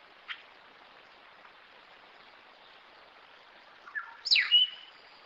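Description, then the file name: Cacique song: a faint click early on, then a phrase of soft low notes, a sharp falling sweep and a short level whistle, over steady hiss. "canto do tecelao do acre"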